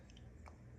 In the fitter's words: Oh yeah, there we go. Look, it snapped right in there.